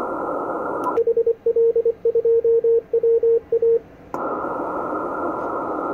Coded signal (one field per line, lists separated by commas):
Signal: Morse code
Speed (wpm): 24 wpm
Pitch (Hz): 460 Hz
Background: radio noise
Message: HL2WA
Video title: 9XΦT, Rwanda AFRICA, 21MHz, CW, Worked by HL2WA